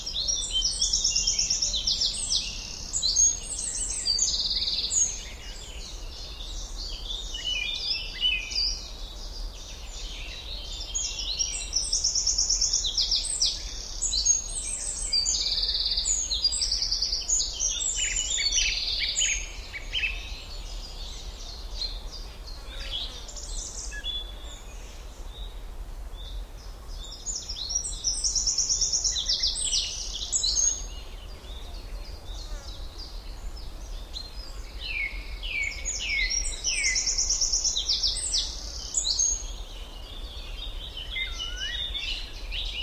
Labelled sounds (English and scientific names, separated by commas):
Eurasian Wren (Troglodytes troglodytes) song